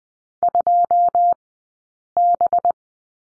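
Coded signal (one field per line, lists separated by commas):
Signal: Morse code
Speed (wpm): 20 wpm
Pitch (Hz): 700 Hz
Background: none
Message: 2B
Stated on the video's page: Morse code course lesson on the letter b, two characters, sent at a Farnsworth speed of 20/10 wpm.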